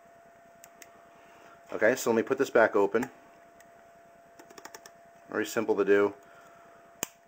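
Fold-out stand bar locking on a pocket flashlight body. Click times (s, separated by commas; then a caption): 7.0 s. Someone talks while handling an AltusLumen PAD-L pocket light, with a few light ticks and taps in between. At 7.0 s, the fold-out stand bar on the flashlight body is swung out and locks into place with a single sharp snap.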